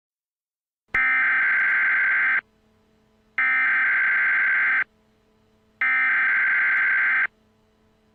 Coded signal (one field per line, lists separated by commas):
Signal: Emergency Alert System (SAME) tones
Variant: header bursts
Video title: Arrowverse EAS 1: Flash 1.01